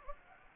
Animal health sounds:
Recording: mosquito wingbeat signal from an infrared sensor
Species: Anopheles gambiae

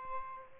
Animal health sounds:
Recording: mosquito wingbeat signal from an infrared sensor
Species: Aedes albopictus

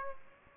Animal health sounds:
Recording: mosquito wingbeat signal from an infrared sensor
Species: Aedes aegypti

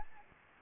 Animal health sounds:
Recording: mosquito wingbeat signal from an infrared sensor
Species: Anopheles arabiensis

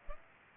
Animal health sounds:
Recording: mosquito wingbeat signal from an infrared sensor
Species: Culex pipiens

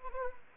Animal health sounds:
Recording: mosquito wingbeat signal from an infrared sensor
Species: Anopheles arabiensis

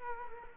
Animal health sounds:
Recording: mosquito wingbeat signal from an infrared sensor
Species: Culex quinquefasciatus

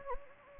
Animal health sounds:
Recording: mosquito wingbeat signal from an infrared sensor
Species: Anopheles gambiae

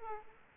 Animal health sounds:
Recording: mosquito wingbeat signal from an infrared sensor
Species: Aedes aegypti

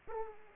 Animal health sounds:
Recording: mosquito wingbeat signal from an infrared sensor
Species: Aedes aegypti

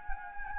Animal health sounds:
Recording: mosquito wingbeat signal from an infrared sensor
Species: Anopheles gambiae

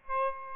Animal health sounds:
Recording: mosquito wingbeat signal from an infrared sensor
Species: Aedes albopictus

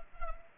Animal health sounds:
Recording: mosquito wingbeat signal from an infrared sensor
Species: Culex pipiens

